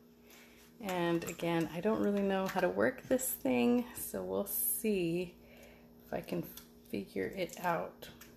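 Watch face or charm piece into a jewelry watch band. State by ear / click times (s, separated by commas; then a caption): not seated / none. Someone talks while handling an Origami Owl Storyteller jewelry watch, working out how to fit a watch face or charm piece into the watch band. Faint handling sounds come through between the words. Nothing has snapped into place yet.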